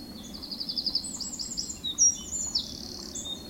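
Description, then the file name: Common chaffinch singing a bright trill of high notes that ends in a sharp flourish, over a steady low rumble of background noise. "Vink - Fringilla coelebs"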